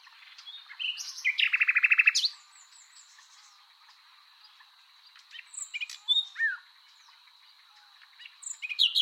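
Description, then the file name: Common nightingale singing a quick run of rapid rattling notes, then scattered sharp high chirps and short whistles after a pause. "Luscinia megarhynchos"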